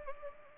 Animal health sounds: mosquito wingbeat signal from an infrared sensor; Anopheles arabiensis

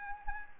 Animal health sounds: mosquito wingbeat signal from an infrared sensor; Anopheles gambiae

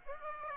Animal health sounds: mosquito wingbeat signal from an infrared sensor; Aedes aegypti

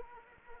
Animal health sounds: mosquito wingbeat signal from an infrared sensor; Anopheles arabiensis

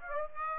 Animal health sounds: mosquito wingbeat signal from an infrared sensor; Aedes aegypti

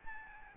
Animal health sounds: mosquito wingbeat signal from an infrared sensor; Aedes albopictus

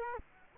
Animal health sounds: mosquito wingbeat signal from an infrared sensor; Culex quinquefasciatus

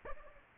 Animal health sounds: mosquito wingbeat signal from an infrared sensor; Aedes aegypti

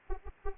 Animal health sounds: mosquito wingbeat signal from an infrared sensor; Anopheles arabiensis

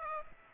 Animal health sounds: mosquito wingbeat signal from an infrared sensor; Aedes aegypti

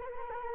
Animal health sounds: mosquito wingbeat signal from an infrared sensor; Culex quinquefasciatus

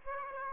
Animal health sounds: mosquito wingbeat signal from an infrared sensor; Aedes aegypti

